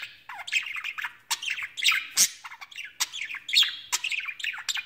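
Budgerigar: budgie warbling continuously, mixing rapid scratchy chirps, gliding squeaky notes and occasional sharp clicks.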